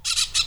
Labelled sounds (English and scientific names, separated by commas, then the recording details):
Brown-throated Parakeet (Eupsittula pertinax) contact call
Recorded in Venezuela
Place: Cerro Saroche, Hato Dalmatela, Edo. Lara
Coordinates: 10.149, -69.534